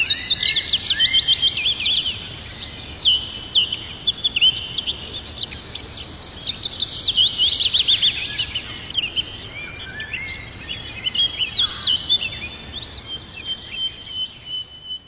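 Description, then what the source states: Bird song, long bouts of high fast chattering trills and warbles, several phrases overlapping, thinning toward the end where a thin steady high tone continues. In a forest.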